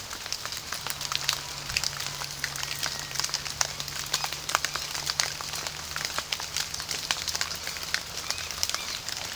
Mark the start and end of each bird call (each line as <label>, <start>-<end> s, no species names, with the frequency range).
bird call (1.4-6.6 kHz), 3.73-5.22 s
bird call (1.7-5.0 kHz), 7.76-9.25 s